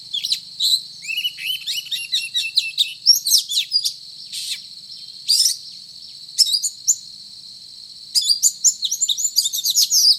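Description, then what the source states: Oriental magpie-robin pouring out varied chirps, trills and buzzy notes in several bursts separated by short pauses, a continuous high whine underneath. Indonesian name kacer; described as gacor, meaning singing vigorously and continuously.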